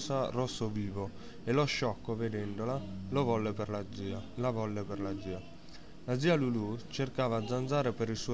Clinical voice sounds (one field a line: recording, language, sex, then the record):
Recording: read passage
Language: Italian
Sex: male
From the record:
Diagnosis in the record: healthy control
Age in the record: 19 years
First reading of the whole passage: 55 s, 9.5 characters per second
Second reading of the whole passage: 47 s, 11.1 characters per second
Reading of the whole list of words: 45 s, 6.2 characters per second